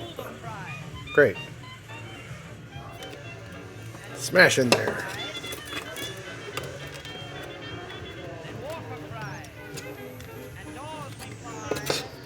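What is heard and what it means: A replacement lower hose end is pushed into its body fitting on a Hoover ONEPWR Emerge cordless stick vacuum, a fit meant to be held by pressure without glue. Someone talks over handling bumps and knocks, with louder hits around 1.2 s and 4.4 s. The hose has not seated or clicked in yet.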